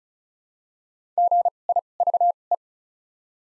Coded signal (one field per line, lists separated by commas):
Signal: Morse code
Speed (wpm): 36 wpm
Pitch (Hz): 700 Hz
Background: none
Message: GIVE